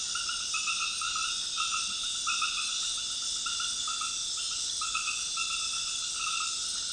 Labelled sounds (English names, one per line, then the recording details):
none
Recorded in dense forest near Puerto Asís, Putumayo, Colombia, on 20 February 2024 at 20:30
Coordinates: 0.502, -76.324
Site G6370